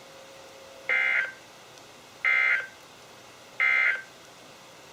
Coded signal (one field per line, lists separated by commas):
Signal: Emergency Alert System (SAME) tones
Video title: EAS #1425-#1434: Direct Hit | KHB36, WMX42, WNG736, & KEC83